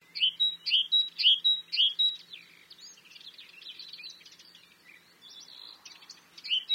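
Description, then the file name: Great tit song: a loud two-note phrase repeated quickly four times, followed by quieter twittering and a final phrase. "Parus major"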